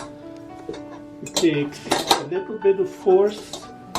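A stainless mixing bowl on a KitchenAid Pro 6 Qt stand mixer is lined up on the bowl-lift arm's locating pins and pushed down with some force, producing metallic clinks and handling knocks while someone talks over music. Nothing has seated or clicked yet; the bowl has not latched onto the arm's rear spring clip.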